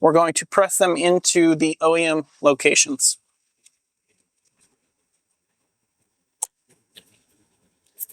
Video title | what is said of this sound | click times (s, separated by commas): 2024+ Hyundai IONIQ 5 N: How to Install Rokblokz Mud Flaps & Splash Guards | Until they click in place. | 6.4 s